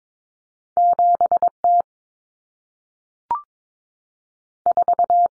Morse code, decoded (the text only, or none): 7T 4